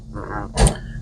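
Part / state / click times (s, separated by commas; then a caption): interior part at the center console (unclear which) going into the console / seated / 0.7 s. An unidentified interior part at the center console is pushed into the console by hand while the camera is held. A brief creaking scrape comes first, then a sharp snap at 0.7 s as the part seats into place.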